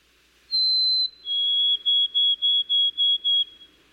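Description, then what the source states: White-throated sparrow song: a clear high whistle, then a slightly lower held whistle followed by several quick, even repeats of it. Populations in many areas have shortened their songs in just a few decades.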